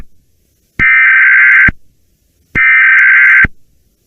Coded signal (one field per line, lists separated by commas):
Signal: Emergency Alert System (SAME) tones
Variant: header bursts